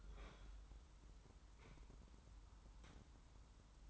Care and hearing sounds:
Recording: daily activity, microphone in the room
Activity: open fridge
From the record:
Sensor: 3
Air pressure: 994.4 hPa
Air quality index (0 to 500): 208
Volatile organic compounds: 1000 ppm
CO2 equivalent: 6943 ppm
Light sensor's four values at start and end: 192/462/195/194 and 191/460/194/193

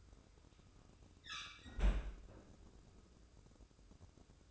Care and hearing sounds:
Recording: daily activity, microphone in the room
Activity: close fridge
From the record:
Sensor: 2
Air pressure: 995.1 hPa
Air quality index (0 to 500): 65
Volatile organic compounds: 2 ppm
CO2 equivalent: 1108 ppm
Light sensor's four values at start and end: 18/56/22/21 and 18/56/22/21

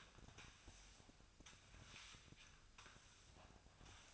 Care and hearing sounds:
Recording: daily activity, microphone in the room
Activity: sweep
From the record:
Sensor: 2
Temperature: 24.5 degrees Celsius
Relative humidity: 39.5%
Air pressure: 1003.0 hPa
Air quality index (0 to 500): 199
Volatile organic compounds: 6 ppm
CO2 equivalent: 1891 ppm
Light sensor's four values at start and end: 11/26/11/12 and 11/26/11/12

